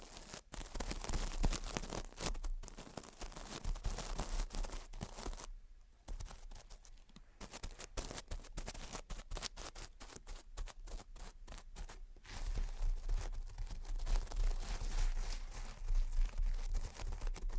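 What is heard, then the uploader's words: Gentle tapping and scratching go on throughout, a dense run of small, quick scrapes and taps with soft, brushing grain. Around six seconds the sound thins to sparse, separated taps, then thickens again after twelve seconds, with a low rumble beneath. Gentle Tapping and Scratching. (No Talking).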